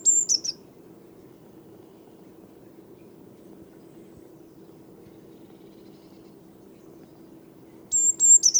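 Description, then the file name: Eurasian blue tit song phrases of high notes and a quick trill, at the opening and again near the end, with a quiet steady drone between. "Cyanistes caeruleus"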